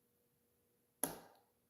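A threaded fastener is turned backwards in an aluminum threaded hole until its thread start drops into the start position, so it can then be turned forward without cross-threading. After a near-silent stretch with a faint steady hum, a single sharp click rings out at 1.0 s and fades over about half a second. The thread is seated at its start.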